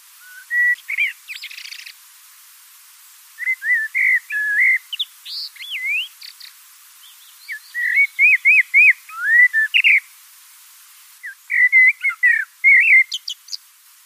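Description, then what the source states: Common blackbird singing fluty, whistled phrases: short varied warbles in bursts separated by brief pauses, some higher squeaky notes at phrase ends. Song described as fluty, one of the most beautiful and melodious voices of European birds.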